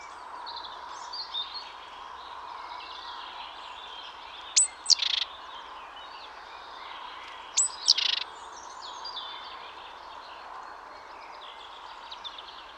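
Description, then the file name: Great tit calls: two sharp high notes each followed by a short buzzy rattle, about three seconds apart, with soft chirping of other birds behind. "Parus major"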